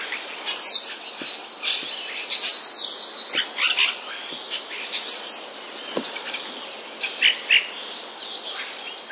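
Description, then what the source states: Common starling song with loud descending whistled slurs, dense chirps and clicks, plus scattered short ticks, all in uneven bursts. Starling song containing sounds borrowed from sparrows.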